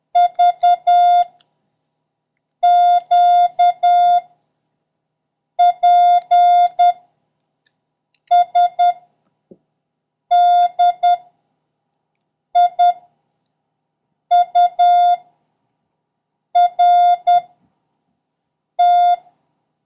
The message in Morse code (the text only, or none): V Q P S D I U R T